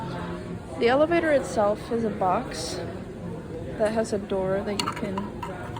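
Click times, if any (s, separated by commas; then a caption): none. Someone talks while handling the door of a small model elevator box, which is to be pressed onto the box so it snaps into place. A few faint clinks are heard behind the voice. Nothing has seated or clicked yet; the clip ends before the door goes home.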